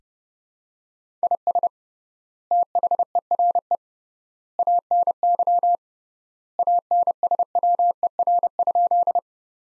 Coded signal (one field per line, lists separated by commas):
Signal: Morse code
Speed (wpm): 32 wpm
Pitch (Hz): 700 Hz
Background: none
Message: IS THERE ANY ANSWER?